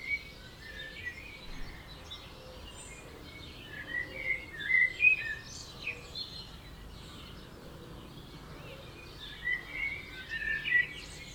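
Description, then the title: Birdsong from several birds, short chirps and whistled notes coming in bursts, with a quiet hiss underneath. Dawn chorus at 4am in Oberhofen, Inntal, Austria; binaural, for headphones. "Birds Oberhofen Inntal Austria - 4am - binaural version"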